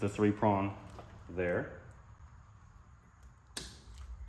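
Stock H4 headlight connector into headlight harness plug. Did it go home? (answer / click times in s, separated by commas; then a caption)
yes / 3.6 s. Someone talks, then the stock H4 three-prong plastic connector is pushed onto the headlight harness plug. A sharp snap is heard at 3.6 seconds as the two join, and the connector is seated.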